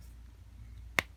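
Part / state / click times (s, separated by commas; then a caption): action figure head onto neck ball peg / seated / 1.0 s. The main head sculpt is pushed onto the neck ball peg of a plastic Marvel Legends Walmart Exclusive Worthy Captain America action figure, swapped back from the alternate head. After a quiet lead-in, a single sharp snap rings out at 1.0 s. The head clicks into place and is seated on the peg.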